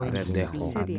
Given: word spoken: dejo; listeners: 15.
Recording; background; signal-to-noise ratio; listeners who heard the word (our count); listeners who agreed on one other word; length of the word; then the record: one Spanish word in noise, from a listening test; four-talker babble; -0.8 dB; 3 of 15; 6 of 15; 0.59 s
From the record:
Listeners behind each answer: 6, 3, 3, 1, 1, 1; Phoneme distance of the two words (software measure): 31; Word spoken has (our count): 2 syllables, 4 phonemes, stress on syllable 1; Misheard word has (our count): 3 syllables, 7 phonemes, stress on syllable 2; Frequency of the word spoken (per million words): 14.25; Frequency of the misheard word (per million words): 6.16